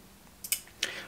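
A folding pocket knife's blade is opened and its metal frame lock springs in behind the blade. Two quick metallic ticks come around 0.5 s, then a sharp, bright snap at 0.8 s as the frame lock seats into place. That audible snap is what confirms the lock has engaged.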